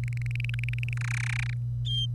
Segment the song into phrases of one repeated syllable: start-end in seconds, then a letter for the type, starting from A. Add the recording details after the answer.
0.04-0.93 A, 0.97-1.53 B, 1.86-2.06 C. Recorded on 25 April 2018 at 06:03. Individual llb3